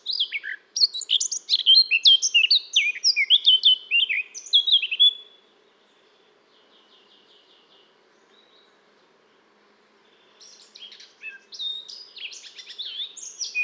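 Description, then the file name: Eurasian blackcap song: a rapid, scratchy warbling phrase of quick high notes for about five seconds, a quiet pause, then another warbled burst begins near the end. "Sylvia atricapilla"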